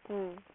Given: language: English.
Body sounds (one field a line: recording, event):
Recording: throat vibration sensor signal played as sound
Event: speech